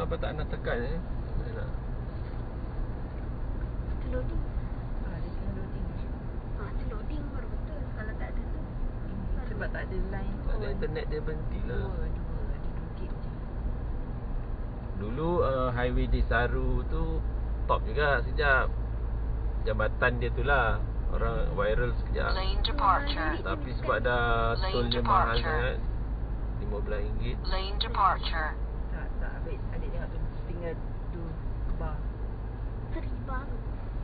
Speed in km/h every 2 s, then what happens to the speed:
65, 68, 65, 66, 62, 57, 59, 58, 59, 59, 57, 56, 56, 55, 54, 55, 53.
0-7 steady at about 65. 7-10 slows to 57. 10-34 steady at about 56.